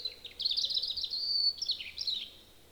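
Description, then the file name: European robin pouring out a quick, high, liquid warble of thin notes that falls away at the end, leaving quiet. "Erithacus rubecula"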